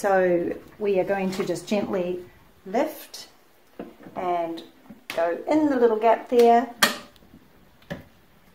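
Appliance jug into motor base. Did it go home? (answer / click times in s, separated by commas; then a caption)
yes / 7.9 s. A stainless jug with pins underneath is gently lifted and lowered into the gap in the base of a ThermoCook Pro M 2.0 kitchen appliance. Someone talks through most of the clip, then a short sharp click sounds at 7.9 s. The jug is locked in place in the motor base.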